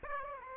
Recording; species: mosquito wingbeat signal from an infrared sensor; Aedes aegypti